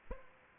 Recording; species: mosquito wingbeat signal from an infrared sensor; Aedes aegypti